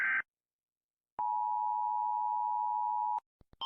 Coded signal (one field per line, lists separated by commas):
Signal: Emergency Alert System (SAME) tones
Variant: 853 and 960 Hz attention tone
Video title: When eas alarms